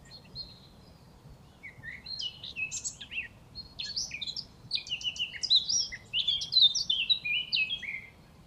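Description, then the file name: Eurasian blackcap song: a quick, varied warble of short scratchy and clear notes, starting sparse and building into a richer, louder run of phrases, with faint low background noise. "Sylvia atricapilla"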